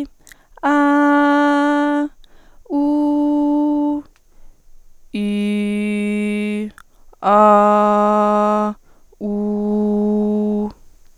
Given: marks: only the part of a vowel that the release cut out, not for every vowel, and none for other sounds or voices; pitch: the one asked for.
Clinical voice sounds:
sustained vowels; female; 20 to 29 years; 0; 0; 0
0.82-1.90 s: vowel /a/, high pitch
2.84-3.91 s: vowel /u/, high pitch
5.39-6.49 s: vowel /i/, low pitch
7.59-8.60 s: vowel /a/, low pitch
9.42-10.52 s: vowel /u/, low pitch
From the record:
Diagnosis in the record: healthy voice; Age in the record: 22 years

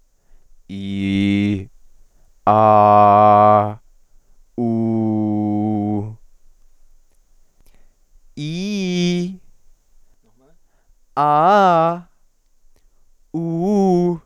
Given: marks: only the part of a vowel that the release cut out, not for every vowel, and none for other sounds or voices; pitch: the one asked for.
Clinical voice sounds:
sustained vowels; male; 20 to 29 years; 0; 0; 0
0.77-1.56 s: vowel /i/, low pitch
2.52-3.60 s: vowel /a/, low pitch
4.64-5.96 s: vowel /u/, low pitch
8.43-9.24 s: vowel /i/, low-high-low pitch
11.20-11.91 s: vowel /a/, low-high-low pitch
13.39-14.12 s: vowel /u/, low-high-low pitch
From the record:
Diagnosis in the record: healthy voice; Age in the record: 20 years

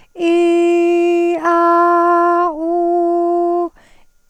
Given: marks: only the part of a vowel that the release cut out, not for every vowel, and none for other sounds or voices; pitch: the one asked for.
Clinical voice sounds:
sustained vowels; female; 40 to 49 years; 0; 0; 0
0.31-1.30 s: vowel /i/, high pitch
1.57-2.39 s: vowel /a/, high pitch
2.69-3.55 s: vowel /u/, high pitch
From the record:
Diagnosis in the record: Reinke's edema, hyperfunctional dysphonia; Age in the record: 41 years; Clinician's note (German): Zustand nach Abtragung

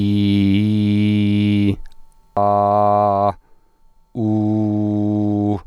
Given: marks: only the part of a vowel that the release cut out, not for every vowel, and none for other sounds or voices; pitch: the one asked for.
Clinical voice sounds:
sustained vowels; male; 40 to 49 years; 0; 0; 0
0.00-1.62 s: vowel /i/, normal pitch
2.44-3.23 s: vowel /a/, normal pitch
4.26-5.46 s: vowel /u/, normal pitch
From the record:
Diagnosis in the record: healthy voice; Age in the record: 44 years

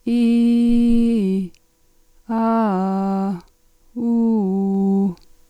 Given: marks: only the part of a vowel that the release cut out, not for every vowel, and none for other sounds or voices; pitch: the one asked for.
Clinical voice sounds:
sustained vowels; female; 40 to 49 years; 2; 2; 0
0.40-1.34 s: vowel /i/, low-high-low pitch
2.38-3.27 s: vowel /a/, low-high-low pitch
4.08-5.01 s: vowel /u/, low-high-low pitch
From the record:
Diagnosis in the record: superior laryngeal nerve lesion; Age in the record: 44 years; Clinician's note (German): Verdacht auf Diagnose

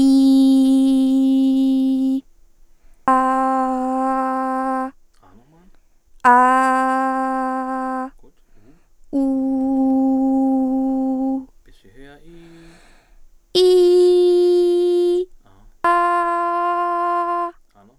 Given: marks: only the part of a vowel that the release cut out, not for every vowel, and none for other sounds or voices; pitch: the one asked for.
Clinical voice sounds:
sustained vowels; female; 20 to 29 years; 0; 0; 0
0.00-2.01 s: vowel /i/, normal pitch
6.40-7.99 s: vowel /a/, normal pitch
9.29-11.20 s: vowel /u/, normal pitch
13.65-15.12 s: vowel /i/, high pitch
15.92-17.41 s: vowel /a/, high pitch
From the record:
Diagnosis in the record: healthy voice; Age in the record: 22 years

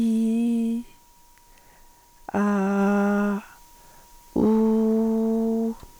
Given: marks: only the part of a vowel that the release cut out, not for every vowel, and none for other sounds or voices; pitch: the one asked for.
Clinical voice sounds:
sustained vowels; female; 50 to 59 years; 2; 0; 2
0.00-0.70 s: vowel /i/, normal pitch
2.42-3.28 s: vowel /a/, normal pitch
4.50-5.58 s: vowel /u/, normal pitch
From the record:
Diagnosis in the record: hyperfunctional dysphonia, psychogenic dysphonia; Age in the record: 54 years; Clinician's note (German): Multifaktoriell

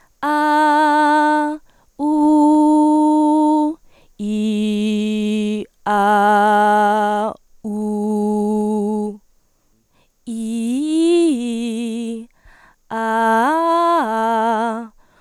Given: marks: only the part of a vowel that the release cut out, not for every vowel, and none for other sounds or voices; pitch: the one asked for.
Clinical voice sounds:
sustained vowels; female; 18 to 19 years; 0; 0; 0
0.37-1.46 s: vowel /a/, high pitch
2.17-3.60 s: vowel /u/, high pitch
4.34-5.48 s: vowel /i/, low pitch
6.04-7.20 s: vowel /a/, low pitch
7.84-9.03 s: vowel /u/, low pitch
10.46-11.97 s: vowel /i/, low-high-low pitch
13.13-14.64 s: vowel /a/, low-high-low pitch
From the record:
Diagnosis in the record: healthy voice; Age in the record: 19 years

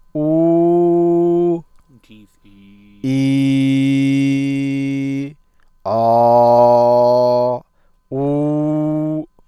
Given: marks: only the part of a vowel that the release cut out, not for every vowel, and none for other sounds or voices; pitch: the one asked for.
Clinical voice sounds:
sustained vowels; male; 30 to 39 years; 0; 0; 0
0.24-1.45 s: vowel /u/, high pitch
3.17-5.16 s: vowel /i/, low pitch
5.96-7.47 s: vowel /a/, low pitch
8.17-9.16 s: vowel /u/, low pitch
From the record:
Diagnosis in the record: healthy voice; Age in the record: 31 years

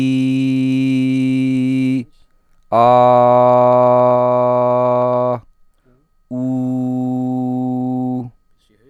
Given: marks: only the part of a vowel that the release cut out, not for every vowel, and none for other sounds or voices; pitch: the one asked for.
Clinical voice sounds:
sustained vowels; male; 30 to 39 years; 0; 0; 0
0.00-1.84 s: vowel /i/, normal pitch
3.25-5.23 s: vowel /a/, normal pitch
6.55-8.10 s: vowel /u/, normal pitch
From the record:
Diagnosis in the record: healthy voice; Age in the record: 36 years

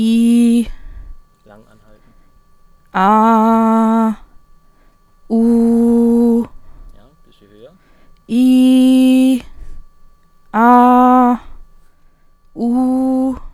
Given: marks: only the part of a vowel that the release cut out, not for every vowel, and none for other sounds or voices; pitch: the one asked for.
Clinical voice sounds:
sustained vowels; female; 20 to 29 years; 0; 0; 0
0.00-0.60 s: vowel /i/, normal pitch
3.02-4.01 s: vowel /a/, normal pitch
5.37-6.33 s: vowel /u/, normal pitch
8.39-9.31 s: vowel /i/, high pitch
10.79-11.32 s: vowel /a/, high pitch
12.62-13.29 s: vowel /u/, high pitch
From the record:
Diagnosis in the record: healthy voice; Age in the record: 29 years

